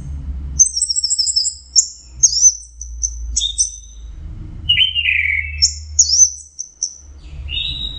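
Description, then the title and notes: Orange-headed thrush song, high trilled whistles and a lower slurred phrase, with steady low rumbling background noise throughout. Masteran training recording for Anis Kembang (chestnut-capped thrush); Anis Merah teler song style. "Suara Burung Anis Merah Teler. Masteran Anis Kembang"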